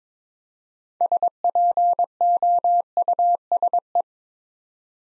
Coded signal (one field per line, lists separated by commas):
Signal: Morse code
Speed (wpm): 22 wpm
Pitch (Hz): 700 Hz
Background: none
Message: SPOUSE